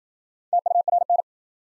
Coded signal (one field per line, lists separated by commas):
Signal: Morse code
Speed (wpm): 53 wpm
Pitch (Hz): 700 Hz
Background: none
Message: TURN